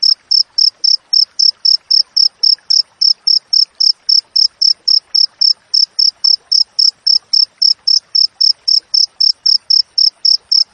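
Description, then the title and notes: Cricket song of rapid high chirps, close to four each second, unbroken and regular from start to finish. Clear wild cricket chirping with tightly spaced pauses, used for training songbirds and for repelling rats. "Masteran Jangkrik Alam Jernih, Jeda Rapat Cocok Untuk Masteran Burung Dan Mengusir Tikus. suara jangkrik"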